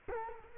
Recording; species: mosquito wingbeat signal from an infrared sensor; Culex quinquefasciatus